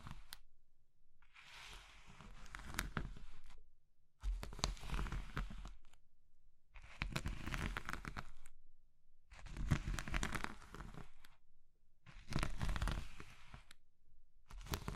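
Crushing of crumbly material like soap, chalk or meringue, in five separate bursts of dense crackling and crunching, each lasting about two seconds. Short near-silent gaps fall between them. The sound is gritty and bright with a soft low rumble under each burst.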